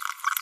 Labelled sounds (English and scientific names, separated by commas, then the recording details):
Green-rumped Parrotlet (Forpus passerinus) babbling
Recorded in a nest box in Venezuela
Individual 18B25A3